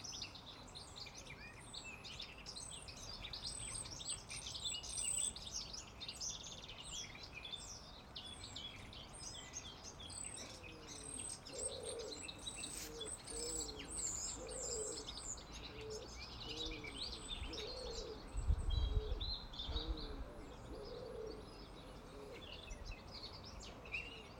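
Birds chirp and sing in Leatherhead, a dense, overlapping chorus of high, quick tweets running throughout. From about twelve seconds a lower cooing call repeats steadily beneath them, and a brief low rumble rises around eighteen to nineteen seconds.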